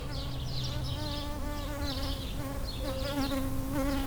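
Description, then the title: Bumblebee buzz, a clear steady drone that dips and rises slightly in pitch. Bumblebees approaching flowering lavender, recorded with a pair of microphones placed in the lavender plant. "Abejorros En Flor"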